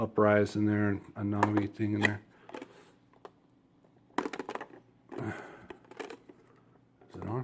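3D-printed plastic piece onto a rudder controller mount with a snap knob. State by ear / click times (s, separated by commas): not seated / none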